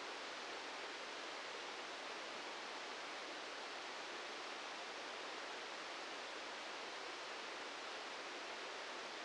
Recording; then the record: brain microelectrode recording played as sound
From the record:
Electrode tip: outside the subthalamic nucleus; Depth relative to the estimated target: -3 mm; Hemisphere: right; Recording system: NeuroSet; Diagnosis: Parkinson's disease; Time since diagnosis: 13 years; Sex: male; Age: 63 years